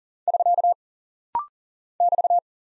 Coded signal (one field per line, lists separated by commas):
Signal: Morse code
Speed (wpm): 39 wpm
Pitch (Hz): 700 Hz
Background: none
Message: <SK> <BT>